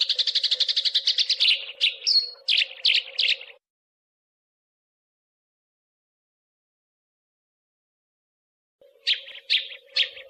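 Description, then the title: Small bird chirping in quick bright bursts, a rapid run of notes then a pause of several seconds before more chirps, with a faint low steady hum. Training birdsong ('masteran') used to teach songbirds. "Suara masteran Burung"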